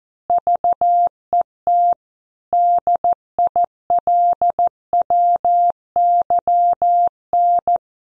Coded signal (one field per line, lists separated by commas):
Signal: Morse code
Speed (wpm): 14 wpm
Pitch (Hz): 700 Hz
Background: none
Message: VET DILWYN